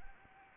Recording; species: mosquito wingbeat signal from an infrared sensor; Anopheles arabiensis